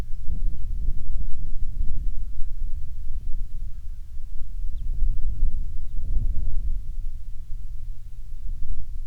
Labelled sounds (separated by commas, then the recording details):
songbird, waterfowl, wind
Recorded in the Prudhoe Bay oil fields, Alaska, on 30 June 2019 at 00:33
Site 22